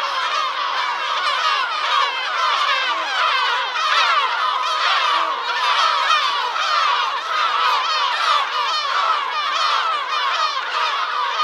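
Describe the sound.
Flock of birds chattering together, a thick, unbroken wall of twittering notes throughout.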